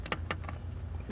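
The locking clip on a plastic cam/crank sensor electrical connector on a Nissan 350Z engine is pushed until it clicks open at 0.3 s, and the connector is released. Several short plastic clicks and taps come over a steady low hum, ending in a longer rattle near the end. The clip has been tampered with and is partly broken.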